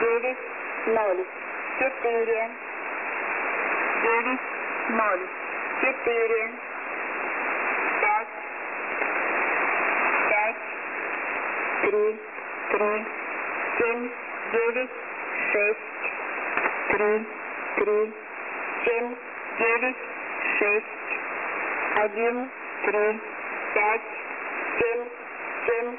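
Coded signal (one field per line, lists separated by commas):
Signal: numbers station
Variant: S06s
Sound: a voice reads single digits at a steady pace over radio hiss, about 20 numbers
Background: radio static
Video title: S06s Full Message At 0840z on 11/11/13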